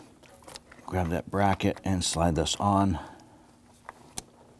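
Someone talks while a wiring harness connector is slid onto a small black plastic bracket on the back of a 3.5L V6 engine in a 2010–2019 Ford Taurus during a rear valve cover replacement. After the talking stops, two short clicks are heard at 3.9 and 4.2 seconds as the connector seats on the bracket.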